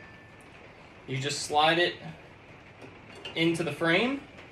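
A steel frame tube is being slid over a tube joint plug into a Yamaha XS1100 motorcycle frame, with someone talking over faint background noise. Nothing has seated or locked into place yet.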